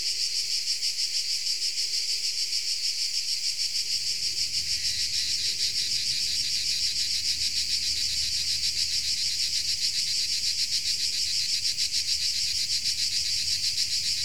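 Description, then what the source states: Insect chorus, a dense high buzzing pulsing about three times a second, steady throughout with faint low rumble in the background. Insects recorded in Tuscany.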